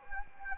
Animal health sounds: mosquito wingbeat signal from an infrared sensor; Anopheles arabiensis

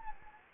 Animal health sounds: mosquito wingbeat signal from an infrared sensor; Anopheles gambiae

